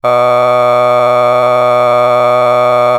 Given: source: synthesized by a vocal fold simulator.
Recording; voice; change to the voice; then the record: sustained vowel; male; a random mix of aspiration noise, stiffness perturbation and strain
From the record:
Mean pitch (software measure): 123 Hz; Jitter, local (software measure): 1.07%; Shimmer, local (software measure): 4.7%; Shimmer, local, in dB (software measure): 0.42 dB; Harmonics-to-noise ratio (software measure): 17.3 dB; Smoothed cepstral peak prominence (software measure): 19.5 dB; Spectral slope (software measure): -14.8 dB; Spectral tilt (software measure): -10.4 dB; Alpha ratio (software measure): -5.3 dB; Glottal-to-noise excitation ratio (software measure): 0.986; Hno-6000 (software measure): 2.1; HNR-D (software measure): 27.8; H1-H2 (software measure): 1.6 dB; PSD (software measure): 9.7e-05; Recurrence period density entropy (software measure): 0.110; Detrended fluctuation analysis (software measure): 0.0318